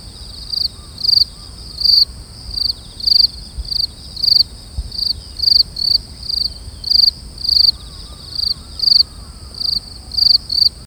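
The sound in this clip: Insect giving many rhythmic pulsed chirps over a constant thin high drone, with low background rumble.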